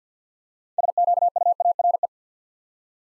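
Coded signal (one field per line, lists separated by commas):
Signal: Morse code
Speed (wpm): 50 wpm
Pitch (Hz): 700 Hz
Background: none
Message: SQUARE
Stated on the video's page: Six-letter words in Morse at 50wpm for head-copy practice; first three letters spoken, word sent, spoken, then sent again.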